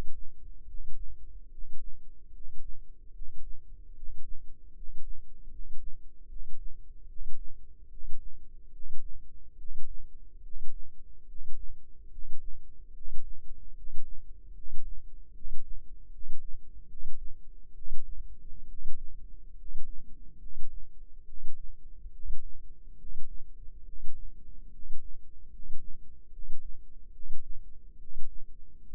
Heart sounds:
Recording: heart sounds by microphone in the left ear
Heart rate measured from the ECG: 72 bpm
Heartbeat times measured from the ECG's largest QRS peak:
0.65 s: heartbeat
1.49 s: heartbeat
2.31 s: heartbeat
3.12 s: heartbeat
3.93 s: heartbeat
4.73 s: heartbeat
5.49 s: heartbeat
6.27 s: heartbeat
7.06 s: heartbeat
7.88 s: heartbeat
8.71 s: heartbeat
9.56 s: heartbeat
10.41 s: heartbeat
11.25 s: heartbeat
12.09 s: heartbeat
12.92 s: heartbeat
13.73 s: heartbeat
14.53 s: heartbeat
15.32 s: heartbeat
16.10 s: heartbeat
16.86 s: heartbeat
17.73 s: heartbeat
18.66 s: heartbeat
19.54 s: heartbeat
20.38 s: heartbeat
21.24 s: heartbeat
22.11 s: heartbeat
22.96 s: heartbeat
23.83 s: heartbeat
24.70 s: heartbeat
25.49 s: heartbeat
26.30 s: heartbeat
27.11 s: heartbeat
27.97 s: heartbeat
28.83 s: heartbeat
From the record:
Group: healthy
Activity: rest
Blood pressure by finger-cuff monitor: 113/71 mmHg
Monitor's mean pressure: 82 mmHg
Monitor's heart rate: 73 bpm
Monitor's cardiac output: 6.9 L/min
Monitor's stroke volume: 94 mL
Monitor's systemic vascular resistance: 860 dyn s/cm5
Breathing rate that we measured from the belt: 10 breaths a minute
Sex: male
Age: 35 years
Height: 180 cm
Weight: 86.9 kg

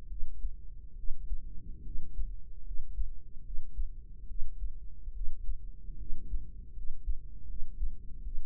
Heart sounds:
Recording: heart sounds by microphone in the right ear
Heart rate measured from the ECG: 74 bpm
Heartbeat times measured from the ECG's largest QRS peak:
0.07 s: heartbeat
0.94 s: heartbeat
1.82 s: heartbeat
2.63 s: heartbeat
3.42 s: heartbeat
4.26 s: heartbeat
5.11 s: heartbeat
5.96 s: heartbeat
6.73 s: heartbeat
7.46 s: heartbeat
8.21 s: heartbeat
From the record:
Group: healthy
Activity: rest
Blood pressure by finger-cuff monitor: 96/63 mmHg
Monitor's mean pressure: 73 mmHg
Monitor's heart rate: 73 bpm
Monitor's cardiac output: 5.6 L/min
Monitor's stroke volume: 76 mL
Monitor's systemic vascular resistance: 940 dyn s/cm5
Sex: female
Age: 23 years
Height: 160 cm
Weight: 50.4 kg

